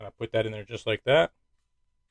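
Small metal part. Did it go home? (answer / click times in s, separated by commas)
no / none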